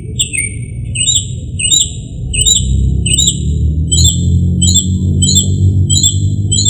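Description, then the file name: Northern mockingbird singing upward-flicking whistles in a regular series, then changing to a different repeated note as a low droning hum grows louder. "kicauan-burung-northern-mockingbird -omkicau"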